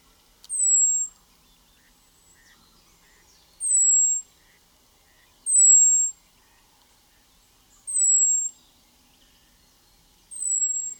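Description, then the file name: European robin uttering five high, thin seee whistles, each sliding a little downward, spaced roughly two to three seconds apart, otherwise quiet. "Erithacus rubecula"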